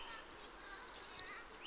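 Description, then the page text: Eurasian blue tit song phrase: two high sliding notes leading into a fast trill of five identical notes. Nominate subspecies Cyanistes caeruleus caeruleus. "Jarek Matusiak - Обыкновенная лазоревка (Cyanistes caeruleus caeruleus)"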